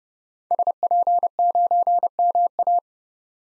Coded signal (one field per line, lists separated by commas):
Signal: Morse code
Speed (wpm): 31 wpm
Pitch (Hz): 700 Hz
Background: none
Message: SP9MA